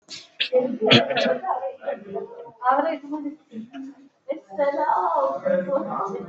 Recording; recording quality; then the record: sustained vowel as in beet; poor, much background noise or distortion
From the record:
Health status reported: exposed to COVID-19, no respiratory illness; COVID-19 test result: negative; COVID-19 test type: RT-PCR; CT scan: not taken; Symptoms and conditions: cold, fever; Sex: female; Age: 24 years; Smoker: no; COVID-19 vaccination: one dose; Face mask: worn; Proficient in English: yes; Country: India